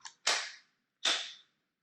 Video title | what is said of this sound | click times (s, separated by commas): Levels Day 1 | snap oh yeah see there's a little needle oh yeah there it is | 0.3 s, 1.0 s